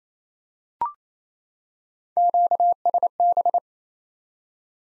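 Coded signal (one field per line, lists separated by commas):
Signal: Morse code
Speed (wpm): 28 wpm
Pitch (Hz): 700 Hz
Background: none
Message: QSB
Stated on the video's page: Morse QSO-element head-copy drill at 28 wpm, each element sent in Morse, then spoken, then sent again.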